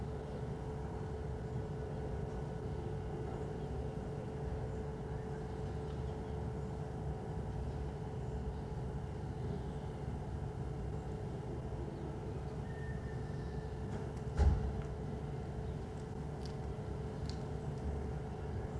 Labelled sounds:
Corsac Fox (Vulpes corsac) barking
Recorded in captivity
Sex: male
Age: adult
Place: Zoologisches Institut der HUB, Berlin, DE
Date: 1966-04-30 11:45
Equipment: Qualiton, GDM 121, Transistorverstärker
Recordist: Tembrock, Günter

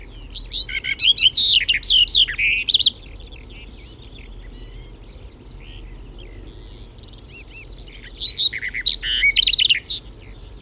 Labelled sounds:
Barred Warbler (Sylvia nisoria) song
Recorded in the wild
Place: Schönfeld, Brandenburg, DE
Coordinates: 53.396, 14.001
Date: 1988-06-17
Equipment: Nagra III BH, Sennheiser MD 21, parabola
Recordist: Schubert, Michael
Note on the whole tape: Gesang Sperbergrasmücke, beim Abflug Flügelschlaggeräusch

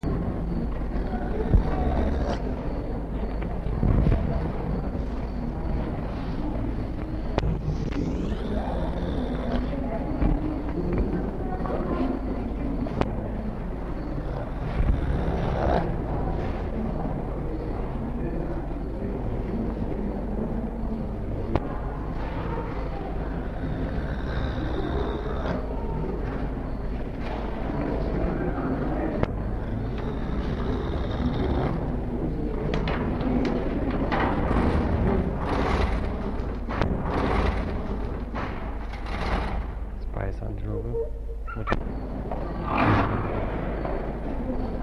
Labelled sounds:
Gemsbok (Oryx gazella) call
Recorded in captivity
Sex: diverse
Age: diverse
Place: Zoo Berlin, Berlin, DE
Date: 1961-03-18
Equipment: Minifon, Kopie Smaragd
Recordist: Tembrock, Günter
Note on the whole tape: Südafrikanischer Spießbock: Mutterkuh am Gitter gegen Beobachter, versucht auch Hornstoßen. Beim Schnaufen Jopf vertikal und Senken. Dann Prustlaut des dreiviertelwüchsigen Jungen. Abstand bei Kuh 1 m, beim Jungen 8 m

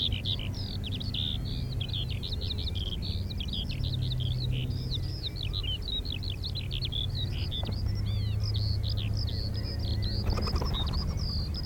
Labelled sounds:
Ruff (Philomachus pugnax) call
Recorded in the wild
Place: Insel Kirr, Insel Rügen, Mecklenburg-Vorpommern, DE
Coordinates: 54.421, 12.705
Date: 1970-05-23
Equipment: Nagra III BH, Sennheiser MD 421
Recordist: Schubert, Michael
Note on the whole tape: kämpfende Kampfläufer auf dem Balzplatz

